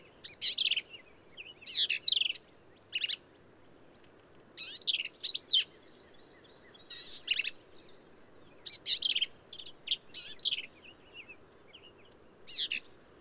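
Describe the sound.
Black-capped vireo singing a long run of varied, hurried phrases of squeaky, sliding high notes, each phrase brief and followed by a short pause.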